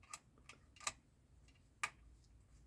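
A small screw is turned backwards with a screwdriver in the threaded hole of a plastic model thigh armor part, giving faint ticks at 0.1 s and 0.9 s. A sharp click at 1.8 s shows the screw has dropped into the thread already cut, so it is seated correctly.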